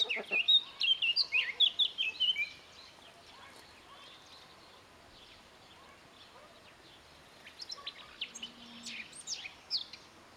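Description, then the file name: Eurasian blackcap song: a brisk, loud warble, a pause, then a fainter burst of chattering notes. "Sylvia atricapilla"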